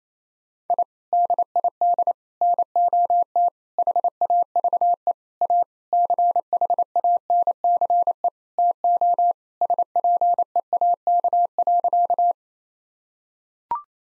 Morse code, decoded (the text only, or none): I DID NOT HAVE A CHANCE TO SPEAK.